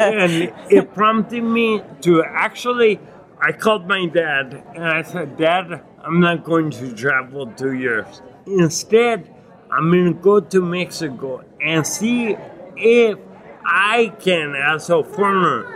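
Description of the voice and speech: Adult male speaker with ataxic dysarthria from acquired ataxia (Lance-Adams syndrome), with myoclonus, after Legionnaires' pneumonia and a 12-day induced coma that caused severe brain damage. Speaking and articulating are very difficult for him. His connected speech has prolonged sounds and frequent pauses.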